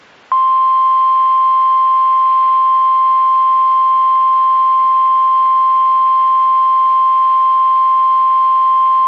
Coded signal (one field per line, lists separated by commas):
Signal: Emergency Alert System (SAME) tones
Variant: 1050 Hz attention tone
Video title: Severe Thunderstorm Warning (OH) (5/5/25) [EAS #155]